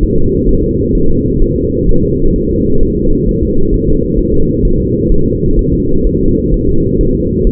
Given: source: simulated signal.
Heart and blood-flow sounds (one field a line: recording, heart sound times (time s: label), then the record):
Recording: fetal heart sounds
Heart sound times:
0.03 s: S1
0.18 s: S2
0.49 s: S1
0.64 s: S2
0.95 s: S1
1.10 s: S2
1.42 s: S1
1.56 s: S2
1.89 s: S1
2.03 s: S2
2.36 s: S1
2.50 s: S2
2.83 s: S1
2.97 s: S2
3.29 s: S1
3.43 s: S2
3.74 s: S1
3.89 s: S2
4.19 s: S1
4.34 s: S2
4.65 s: S1
4.80 s: S2
5.12 s: S1
5.26 s: S2
5.59 s: S1
5.73 s: S2
6.07 s: S1
6.21 s: S2
6.54 s: S1
6.69 s: S2
7.01 s: S1
7.15 s: S2
7.47 s: S1
From the record:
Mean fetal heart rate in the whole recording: 130 bpm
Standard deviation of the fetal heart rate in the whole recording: 4 bpm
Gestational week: 38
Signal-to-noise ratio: -17.7 dB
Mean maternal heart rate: 72 bpm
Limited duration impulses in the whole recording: present